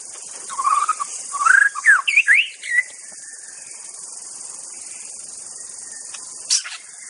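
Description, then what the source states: White-rumped shama song with rich rising and falling whistles in the first three seconds, then near silence with one sharp note, over constant high background hiss. Wild bird recorded in its native forest.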